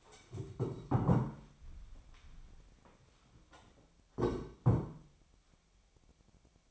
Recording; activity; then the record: daily activity, microphone in the room; stand up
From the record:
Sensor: 1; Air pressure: 1015.2 hPa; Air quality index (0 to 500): 156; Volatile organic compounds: 9 ppm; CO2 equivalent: 2170 ppm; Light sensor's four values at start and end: 12/30/12/13 and 12/29/12/13